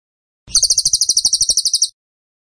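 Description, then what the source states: Bird trilling: a short, high, pulsing buzz of quick repeated notes lasting under two seconds. Masteran (song-training) recording of a bird described as gacor (singing vigorously) with tembakan (rapid bursts) style.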